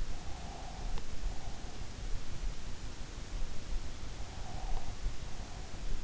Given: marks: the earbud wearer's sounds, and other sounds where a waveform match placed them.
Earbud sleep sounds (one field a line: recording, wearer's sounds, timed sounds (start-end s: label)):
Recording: sounds in sleep by an in-ear microphone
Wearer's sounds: breath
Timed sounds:
0.13-2.01 s: breath
4.40-6.02 s: breath